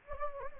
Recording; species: mosquito wingbeat signal from an infrared sensor; Anopheles gambiae